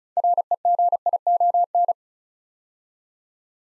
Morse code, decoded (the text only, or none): REGION